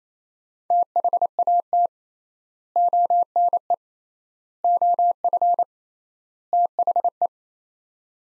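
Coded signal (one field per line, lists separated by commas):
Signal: Morse code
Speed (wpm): 27 wpm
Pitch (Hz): 700 Hz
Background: none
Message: THAT ONE OF THE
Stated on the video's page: Morse practice of four-word sets at 28 wpm with 3x word spacing, a Farnsworth-like method, each set sent, spoken, then sent again.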